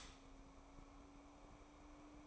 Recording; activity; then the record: daily activity, microphone in the room; stop toaster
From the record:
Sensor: 1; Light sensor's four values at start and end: 7/18/7/8 and 7/17/7/8